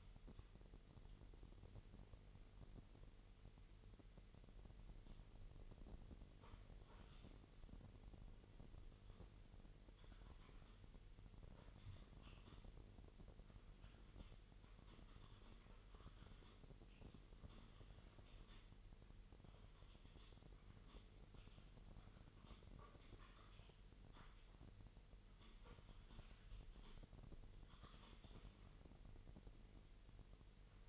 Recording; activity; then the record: daily activity, microphone in the room; typing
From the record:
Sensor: 4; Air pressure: 1002.9 hPa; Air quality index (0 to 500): 248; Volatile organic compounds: 19 ppm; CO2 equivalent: 2652 ppm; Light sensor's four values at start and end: 5/12/4/5 and 5/12/4/5